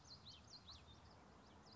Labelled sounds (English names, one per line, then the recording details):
Common Yellowthroat
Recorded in Sonoma County, California